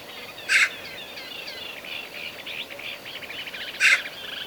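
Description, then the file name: Eurasian magpie calls: two single grating notes about three seconds apart, while small birds keep up a steady high twittering chorus. "Pica pica"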